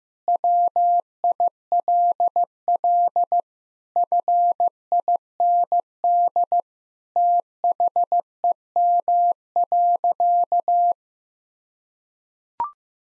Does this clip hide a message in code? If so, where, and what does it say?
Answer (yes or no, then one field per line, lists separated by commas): yes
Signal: Morse code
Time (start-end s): 0.3-10.9 s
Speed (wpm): 16 wpm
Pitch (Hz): 700 Hz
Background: none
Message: WILL FIND THEM.